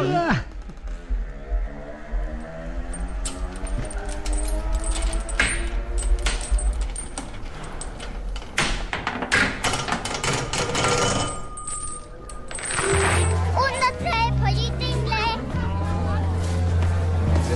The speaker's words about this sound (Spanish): pero para acercarnos hasta allí, si os parece, nos montamos en esta mi pequeña moto charcutera, que creo que cabemos los tres. Eso es, vamos. Venga, montadito. Dale fuerte.